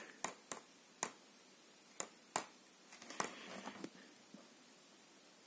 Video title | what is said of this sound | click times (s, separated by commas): PROBLÈME DE DISQUE DUR ? J'ACHÈTE UN PC PORTABLE A 20€ | Non, j'avais tout bien clipsé. Ouais, j'avais tout bien clipsé. | 0.2 s, 0.5 s, 1.0 s, 2.0 s, 2.4 s